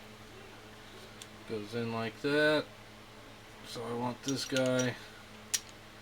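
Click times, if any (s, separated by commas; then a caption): 5.6 s. While reassembling a Savage Edge/Axis rifle bolt, someone talks as a metal bolt component is lined up and pushed into the bolt body. A sharp metallic tick at 5.6 s marks the part clicking into its locked position.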